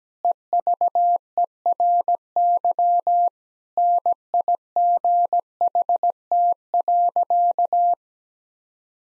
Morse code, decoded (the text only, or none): EVERY NIGHT.